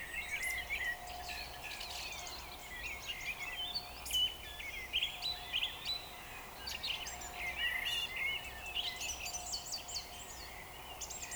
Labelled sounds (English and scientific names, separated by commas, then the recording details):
Eurasian Woodcock (Scolopax rusticola)
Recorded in Baden-Württemberg, Germany, on 29 June 2020 at 02:47 UTC
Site 43791, 788 m above sea level